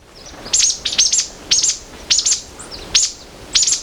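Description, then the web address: Rufous wren giving sharp, very high chips, mostly in quick pairs or triplets, spaced irregularly over a few seconds against a quiet hiss. Recorded in Ecuador. "S America Birds of Ecuador. Rufous Wren"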